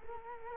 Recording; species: mosquito wingbeat signal from an infrared sensor; Culex quinquefasciatus